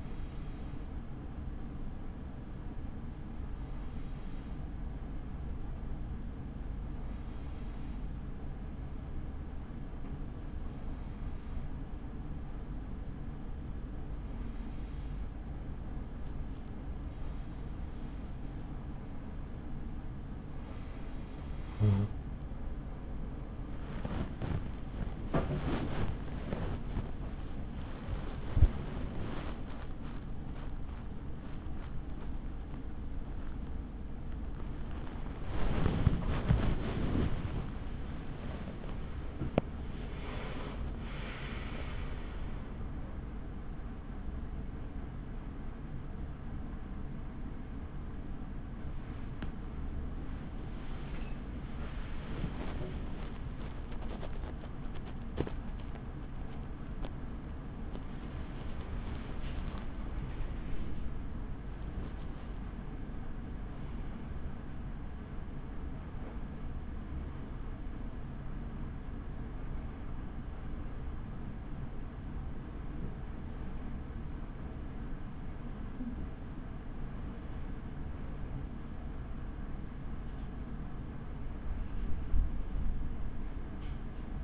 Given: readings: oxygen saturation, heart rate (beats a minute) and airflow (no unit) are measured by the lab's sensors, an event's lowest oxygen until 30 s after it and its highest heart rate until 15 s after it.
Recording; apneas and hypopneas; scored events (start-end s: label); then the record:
breathing in sleep by a smartphone at the bedside; 1
6.00-27.10 s: hypopnea (N3, oxygen 94% highest, then 94% lowest)
33.00-63.00 s: new sleep stage, awake
38.00-64.00 s: awake
63.00-84.44 s: new sleep stage, N1 (lightest sleep)
From the record:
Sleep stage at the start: N3 (deep sleep); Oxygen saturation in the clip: 94 to 97%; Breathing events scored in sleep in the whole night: 83 in 6.1 hours asleep